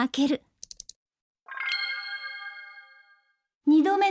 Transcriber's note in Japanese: パソコンを立ち上げる音